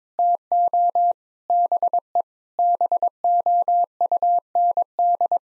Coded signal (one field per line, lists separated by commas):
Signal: Morse code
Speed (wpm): 22 wpm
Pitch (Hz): 700 Hz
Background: none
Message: TO BE BOUND